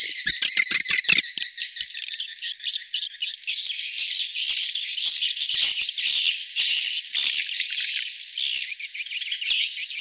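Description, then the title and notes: Swiftlet chirps, a continuous chorus of high, buzzy twitters, with a few sharp clicks at the start. Sound used in swiftlet farming, Asia. "Swiflet Bird Sound. Farming Swiflet Bird asia sound"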